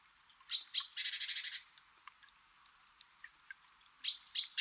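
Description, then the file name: Great tit call: two sharp high notes and a long buzzy stuttering churr, starting again near the end. "Parus major"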